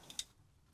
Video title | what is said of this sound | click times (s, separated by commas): Devastator and the Constructicons - The Transformers G1 - Retro Review | Snap him in there like that. | 0.2 s